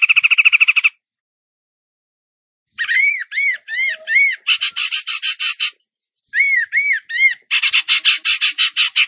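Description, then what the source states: Bird song mixing a fast trill with clear whistled notes that rise and fall, repeated in short series, followed by harsh rapid chattering phrases. Masteran song in the tembakan gacor style.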